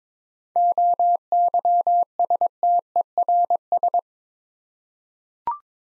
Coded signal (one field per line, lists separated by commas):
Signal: Morse code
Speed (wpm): 22 wpm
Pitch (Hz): 700 Hz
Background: none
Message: OYSTERS